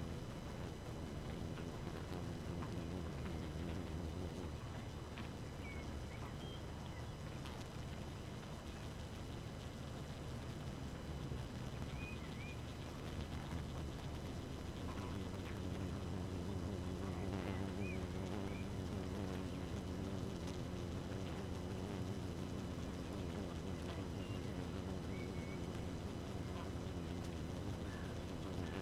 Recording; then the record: honeybee colony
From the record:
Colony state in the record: active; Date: 12 June 2018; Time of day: 2:52